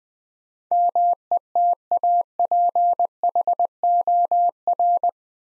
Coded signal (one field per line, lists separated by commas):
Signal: Morse code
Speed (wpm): 21 wpm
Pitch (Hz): 700 Hz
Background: none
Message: METAPHOR